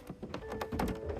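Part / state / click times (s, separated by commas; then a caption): plastic cover tab into mini split housing / not seated / none. The plastic front cover of a wall-mounted mini split indoor unit is handled against the housing as its upper tabs are lined up to snap into place. A few short plastic knocks and taps are heard at about 0.3, 0.5, 0.6 and 0.8 s over a low steady hum. Nothing has seated or clicked yet.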